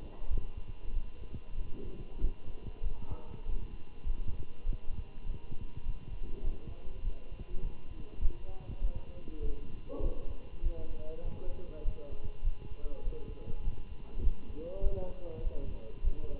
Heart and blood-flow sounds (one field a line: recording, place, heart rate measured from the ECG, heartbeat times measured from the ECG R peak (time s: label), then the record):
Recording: heart sounds by stethoscope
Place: between the tricuspid and mitral areas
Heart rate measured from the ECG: 99 bpm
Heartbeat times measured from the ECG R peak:
0.30 s: heartbeat
0.93 s: heartbeat
1.57 s: heartbeat
2.20 s: heartbeat
2.82 s: heartbeat
3.45 s: heartbeat
4.06 s: heartbeat
4.66 s: heartbeat
5.26 s: heartbeat
5.85 s: heartbeat
6.44 s: heartbeat
7.03 s: heartbeat
7.63 s: heartbeat
8.21 s: heartbeat
8.81 s: heartbeat
9.41 s: heartbeat
10.02 s: heartbeat
10.63 s: heartbeat
11.24 s: heartbeat
11.85 s: heartbeat
12.44 s: heartbeat
13.04 s: heartbeat
13.64 s: heartbeat
14.23 s: heartbeat
14.83 s: heartbeat
15.43 s: heartbeat
16.04 s: heartbeat
From the record:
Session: Bruce protocol treadmill stress test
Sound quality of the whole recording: good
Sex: male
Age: 27 years